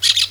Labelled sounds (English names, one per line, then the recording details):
Brown-throated Parakeet contact call
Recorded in Venezuela
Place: Guárico; Corozopando; Fundo La Fe
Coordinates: 8.506, -67.593